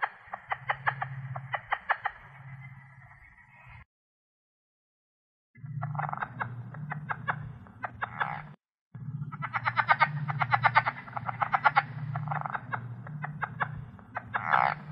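Plains leopard frog gives repeated rapid pulsed chuckles in several bursts with brief gaps, over a low drone.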